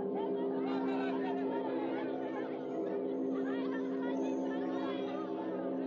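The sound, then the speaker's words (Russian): A crowd gathering around a bell murmurs continuously, many overlapping voices blending into a dense, steady babble with no single speaker standing out, over a sustained low hum that holds throughout. “Народ собирается возле колокола.”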